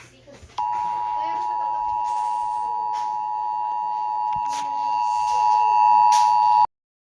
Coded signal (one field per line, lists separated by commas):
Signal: Emergency Alert System (SAME) tones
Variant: 853 and 960 Hz attention tone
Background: speech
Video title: EAS Scenario - Zombie Apocalypse